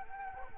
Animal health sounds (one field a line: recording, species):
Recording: mosquito wingbeat signal from an infrared sensor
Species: Anopheles arabiensis